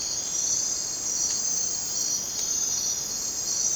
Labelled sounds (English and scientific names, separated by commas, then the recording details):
none
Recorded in dense forest near Puerto Asís, Putumayo, Colombia, on 27 June 2025 at 01:30
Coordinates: 0.484, -76.317
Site G045